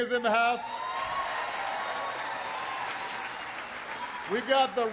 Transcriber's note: applause